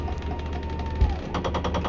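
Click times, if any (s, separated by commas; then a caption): 1.4 s, 1.5 s, 1.6 s, 1.7 s, 1.8 s, 1.9 s. The living-room slide-out of a 2013 Forest River Forester Class C motorhome runs out on its drive motor, with the wall button held until the room reaches full travel, and a steady motor whine drops off around 1.1 s. At full extension the drive clutch ratchets in a rapid series of clicks at 1.4, 1.5, 1.6, 1.7, 1.8 and 1.9 s. The slide is out and secured.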